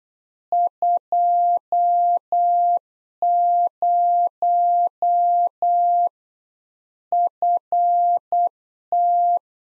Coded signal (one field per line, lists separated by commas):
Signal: Morse code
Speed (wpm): 8 wpm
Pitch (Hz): 700 Hz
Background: none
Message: 20 FT